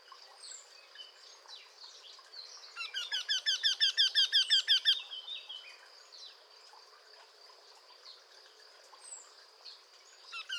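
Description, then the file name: Eurasian wryneck calling a short string of plaintive, nasal notes, repeated about three times a second, rising in loudness, amid soft background twittering of other birds. "torcol"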